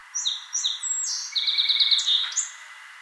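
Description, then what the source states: Song Sparrow song: a few sharp high introductory notes and a buzzy note, then a rapid repeated trill of bright notes ending in a short rising flourish. Recorded at Balton Flats, Worcester, Massachusetts, United States.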